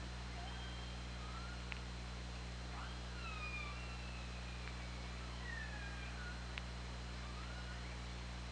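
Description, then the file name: Orca calls, several gliding tones that dip and rise, punctuated by a few sharp clicks, beneath a steady low underwater drone. Recorded on the OrcaLab hydrophone on 24 August 2017 at 20:47. "Orca Lab UTLN JASON 20170824 204759"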